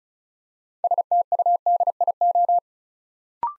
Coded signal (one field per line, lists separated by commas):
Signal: Morse code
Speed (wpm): 36 wpm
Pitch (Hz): 700 Hz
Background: none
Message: STUDIO